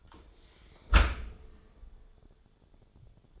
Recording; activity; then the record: daily activity, microphone in the room; close dishwasher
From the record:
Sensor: 5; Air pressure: 1015.0 hPa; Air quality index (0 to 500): 111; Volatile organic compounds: 2 ppm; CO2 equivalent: 1190 ppm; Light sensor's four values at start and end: 35/80/32/32 and 35/80/32/32